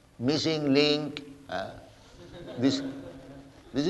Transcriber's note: laughter